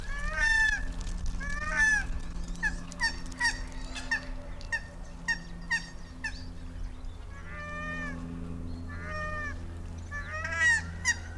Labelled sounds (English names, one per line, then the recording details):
Hawaiian Goose call
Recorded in captivity
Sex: pair
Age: adult
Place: Vogelpark Bad Rothenfelde, Niedersachsen, DE
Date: 1991-09-14 16:39
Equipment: Marantz, Sennheiser ME 80, Kopie Tesla B 116
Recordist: Tembrock, Günter
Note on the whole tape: Lautfolgen eines Paares mit Kopfhochreißen